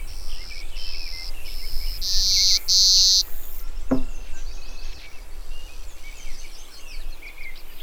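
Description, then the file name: Clay-colored sparrow song: a run of five dry, buzzy notes, the last two louder, with a brief thump afterwards and steady low noise. "Clay-colored Sparrow - Spizella pallida"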